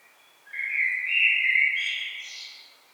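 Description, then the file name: Common blackbird singing a single smooth, mellow warble that climbs into a high, thin, scratchy ending. "Turdus merula"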